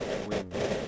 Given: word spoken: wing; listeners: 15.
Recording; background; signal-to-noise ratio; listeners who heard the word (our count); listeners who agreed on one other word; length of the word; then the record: one English word in noise, from a listening test; noise modulated by three-talker babble; -7.0 dB; 4 of 15; 7 of 15; 0.48 s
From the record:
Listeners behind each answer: 7, 4, 1, 1, 1, 1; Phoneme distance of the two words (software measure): 17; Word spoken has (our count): 1 syllable, 3 phonemes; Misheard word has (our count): 1 syllable, 4 phonemes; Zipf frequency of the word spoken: 4.46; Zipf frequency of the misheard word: 5.00